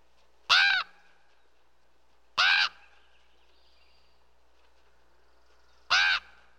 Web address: bird raven common calls other birds in bg